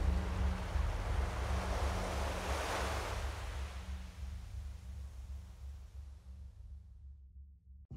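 Ocean waves of the vast open sea crash and roll continuously, a broad hissing surge that swells loudest early on, over a steady low rumble, then thins and fades near the end. No one speaks.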